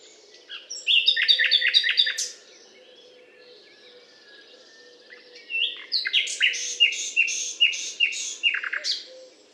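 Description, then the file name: Common nightingale song in two loud bursts of quick, repeated notes separated by a pause of several seconds, with faint low tones and a hum beneath. Butte calcaire de Gratacap, France; 19 May 2012. "120519 rossignol-philomele-Butte-calcaire-de-Gratacap-F"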